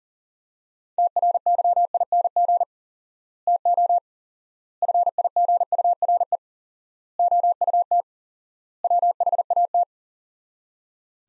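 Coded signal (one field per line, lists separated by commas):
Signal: Morse code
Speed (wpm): 40 wpm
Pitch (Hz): 700 Hz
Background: none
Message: TRYING TO FIGURE OUT WHAT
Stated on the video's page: Head-copy drill of five-word sets at 40 wpm with 4x word spacing, similar to Farnsworth; the words are sent, spoken, then sent again.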